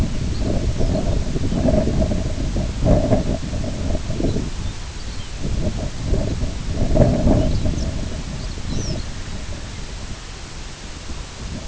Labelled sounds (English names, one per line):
Lapland Longspur